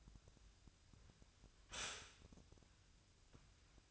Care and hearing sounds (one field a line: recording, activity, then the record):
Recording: daily activity, microphone in the room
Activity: stop toaster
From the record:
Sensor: 2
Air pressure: 1001.7 hPa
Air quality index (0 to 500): 244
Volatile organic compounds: 36 ppm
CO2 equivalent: 3070 ppm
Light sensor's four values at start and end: 10/31/12/12 and 10/32/12/12